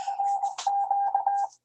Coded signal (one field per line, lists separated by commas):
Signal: Morse code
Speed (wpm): 20 wpm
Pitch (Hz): 800 Hz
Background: none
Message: RQ